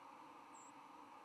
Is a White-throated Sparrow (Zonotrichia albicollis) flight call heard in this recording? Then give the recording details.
no. Another species' flight call is heard. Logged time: 08:53 on 10 November 2014